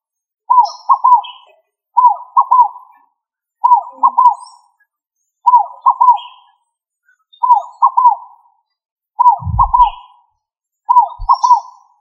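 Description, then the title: Pigeon calls, a low cooing double or triple phrase repeated about every one and a half seconds, with faint higher chirps from other birds and brief low thumps. "Columbidae Pomba"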